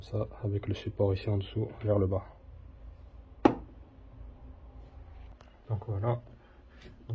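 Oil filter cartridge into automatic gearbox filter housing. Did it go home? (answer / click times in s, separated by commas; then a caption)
yes / 3.5 s. A new oil filter cartridge for the DSG DQ250 automatic gearbox of a 2018 Skoda Kodiaq 1.4 TSI is pressed down into its filter housing with the support facing down, while someone talks before and after. A single sharp click at 3.5 s marks the filter snapping properly into place in its housing.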